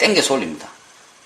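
Someone talks while upper thread on an Elna 20 sewing machine is held in both hands and pulled sharply up between the bent metal plates toward the guide groove. The thread is being handled but has not yet snapped into the groove; nothing has seated or clicked yet. The speech fades to quiet room tone by about 0.7 seconds.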